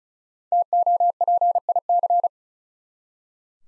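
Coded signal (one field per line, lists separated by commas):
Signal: Morse code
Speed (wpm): 36 wpm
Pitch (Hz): 700 Hz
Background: none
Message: TOPIC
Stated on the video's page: Five-letter word head-copy drill at 35 wpm; each word sent in Morse, spoken, then sent again.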